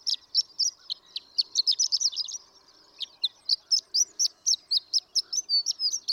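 Horned lark song: high tinkling twitter, dense and jumbled at first, a short pause, then evenly spaced bright chirps continuing to the end.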